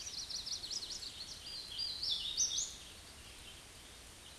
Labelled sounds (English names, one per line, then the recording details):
Hooded Warbler song
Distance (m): 35 m
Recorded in a Pennsylvania forest on 18 May 2023 at 11:13
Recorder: AudioMoth, point grid1_33_low
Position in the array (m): 47 m, 100 m